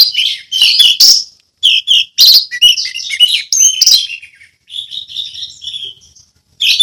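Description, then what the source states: Orange-headed thrush giving a rich medley of warbled phrases and sharp chirps with short pauses, then softer notes and a final loud burst. Song in the ngeplong style.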